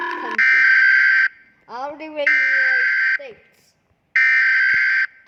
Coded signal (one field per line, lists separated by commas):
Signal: Emergency Alert System (SAME) tones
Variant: header bursts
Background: speech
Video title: Rating eas alarms again